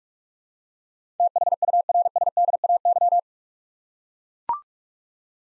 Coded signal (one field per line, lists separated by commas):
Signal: Morse code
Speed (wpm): 44 wpm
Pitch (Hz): 700 Hz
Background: none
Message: THURSDAY